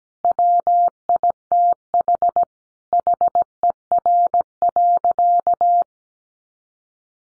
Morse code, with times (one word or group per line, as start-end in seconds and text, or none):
0.2-2.4 WITH
2.9-5.8 HER.